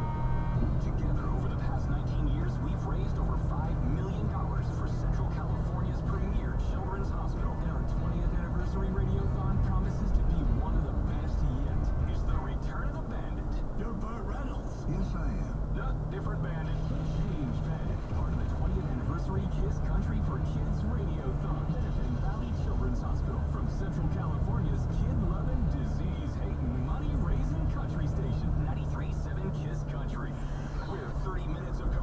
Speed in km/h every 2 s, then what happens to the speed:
61, 64, 64, 63, 63, 61, 58, 58, 58, 56, 56, 56, 56, 58, 56, 55.
4-12 slows to 58. 12-32 steady at about 56.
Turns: none.